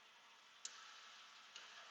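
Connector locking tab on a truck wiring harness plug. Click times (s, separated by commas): 0.7 s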